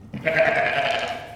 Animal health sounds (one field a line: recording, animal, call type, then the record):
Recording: contact call of a hoofed animal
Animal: sheep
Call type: low-frequency (closed-mouth) or high-frequency (open-mouth) call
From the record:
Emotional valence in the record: negative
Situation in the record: short social isolation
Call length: 1.35 s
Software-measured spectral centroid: 2010 Hz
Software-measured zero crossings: 2260 a second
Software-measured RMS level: -23 dBFS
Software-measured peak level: -5 dBFS